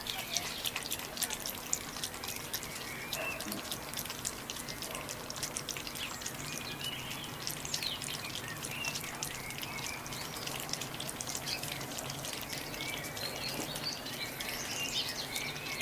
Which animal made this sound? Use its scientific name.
Vulpes rueppellii